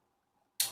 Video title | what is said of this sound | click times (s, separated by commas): Wagner Tuning Intake Manifold Intercooler Install on B58 A90 MKV Supra - Step-by-Step Guide | and pop them back in So when you install them they'll make a nice click sound so you know that they're actually secured also | 0.6 s